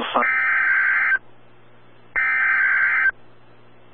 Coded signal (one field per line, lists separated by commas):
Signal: Emergency Alert System (SAME) tones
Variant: header bursts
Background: speech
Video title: Tornado Warning On WXK85 10/10/21 (EAS #938)